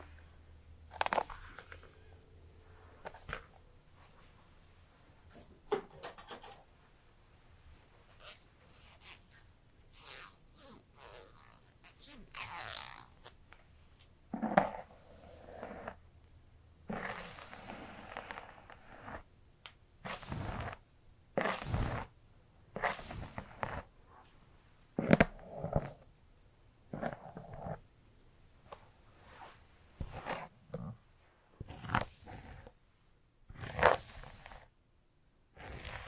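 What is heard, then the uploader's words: Hair brushing and scalp massage come through as irregular, crisp swishing strokes and scratches every second or two, with a faint low hum early on. Hairplay Brushing, Scalp Massage, Haircut.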